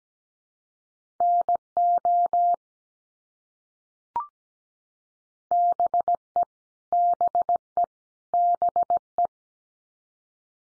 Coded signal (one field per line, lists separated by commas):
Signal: Morse code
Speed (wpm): 17 wpm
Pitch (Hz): 700 Hz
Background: none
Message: NO BE BE BE